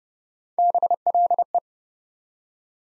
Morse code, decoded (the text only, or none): BLE